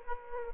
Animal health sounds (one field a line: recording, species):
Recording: mosquito wingbeat signal from an infrared sensor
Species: Aedes aegypti